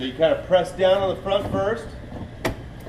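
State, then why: Seated. An engine cowling cover is pressed down, front first, onto an outboard boat motor while someone talks. A sharp click sounds at 2.5 s as its latch snaps the cowling into place, and the cover is seated.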